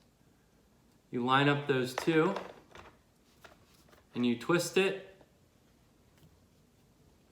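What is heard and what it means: An eyepiece is handled at the body of a Vortex Viper 20-60x85 spotting scope, lined up with a white line and white dot before being twisted in to lock. Someone talks, and a few faint, short knocks of handling are heard at about 2.8, 3.5 and 6.2 seconds. The eyepiece has not seated or clicked yet when the clip ends.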